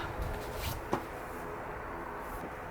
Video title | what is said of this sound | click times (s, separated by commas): [🛠TUTO🛠] RÉPARER UNE FUITE SUR LE HUBLOT ARRIÈRE 💧 SMART FORTWO 🚗 | Là c'est bien emboîté. | 0.9 s